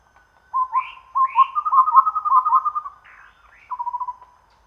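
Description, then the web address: Chestnut-rumped babbler delivering a long bubbling low trill with two higher upslurred notes near the start, a pause, then a shorter trill. Recorded at Danum on 1 April 2006. "DANUM 20060401. sound chestnut-rumped babbler"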